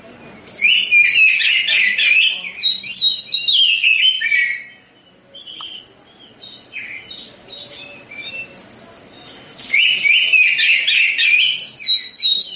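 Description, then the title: Oriental magpie-robin song in two loud bursts of rapid, varied whistles and chattering notes, separated by a quieter stretch of soft, scattered phrases around the middle. Song of a champion-grade bird, in the songbird competition sense. "Kicau Burung Kacer Juara"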